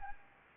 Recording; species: mosquito wingbeat signal from an infrared sensor; Anopheles arabiensis